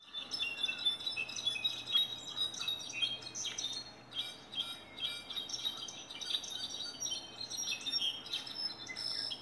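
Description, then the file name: European goldfinch song, a fast jumble of high tinkling twitters and short trills, running continuously over a faint low hum. "jilguero"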